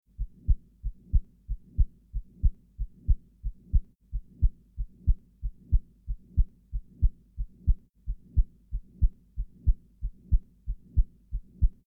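Regular, low-pitched heartbeats at about 92 a minute, with a steady rumbling murmur filling the gaps between beats: the continuous murmur of a patent ductus arteriosus (Botalli), where blood keeps flowing from the aorta into the pulmonary artery through an open duct.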